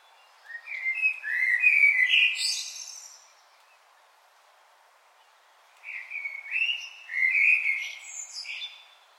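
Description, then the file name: Common blackbird delivering two melodious whistled phrases, each rising into a brief high chattering tail, separated by a quiet gap of about two and a half seconds. "Turdus merula"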